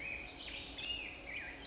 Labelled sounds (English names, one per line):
Black-headed Grosbeak